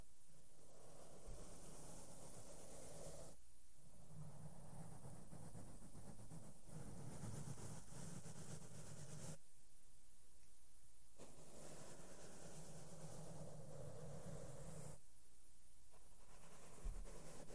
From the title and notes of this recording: ASMR SOFT SOUNDS WITH MAKEUP BRUSHES ON MIC AND MICROPHONE TOUCHING. NO TALKING.